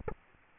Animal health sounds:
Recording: mosquito wingbeat signal from an infrared sensor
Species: Aedes aegypti

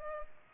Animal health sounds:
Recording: mosquito wingbeat signal from an infrared sensor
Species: Culex pipiens

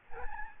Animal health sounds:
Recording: mosquito wingbeat signal from an infrared sensor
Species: Aedes albopictus

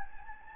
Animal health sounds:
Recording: mosquito wingbeat signal from an infrared sensor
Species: Anopheles gambiae

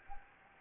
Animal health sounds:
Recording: mosquito wingbeat signal from an infrared sensor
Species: Anopheles gambiae

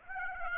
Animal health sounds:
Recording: mosquito wingbeat signal from an infrared sensor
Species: Aedes aegypti

